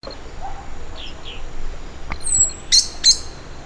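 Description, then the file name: Eurasian blackbird call, two sharp, loud chink notes near the end after a few faint thin calls. "Turdus merula"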